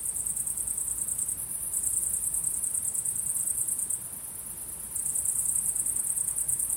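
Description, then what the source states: Shrill crickets chirp in a rapid pulsing trill that swells and softens in turns, with a faint low rumble beneath. Crickets calling at sunset.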